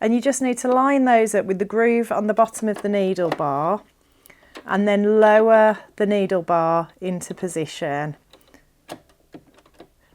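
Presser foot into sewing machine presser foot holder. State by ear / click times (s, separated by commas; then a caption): seated / 8.9 s. On a Brother Innov-is A50 sewing machine, a snap-on presser foot is lined up by the bar on its top under the groove of the foot holder, and the holder is lowered onto it. Someone talks for about the first 8 seconds, then a few small handling clicks follow. The foot clicks into place on the holder at 8.9 s.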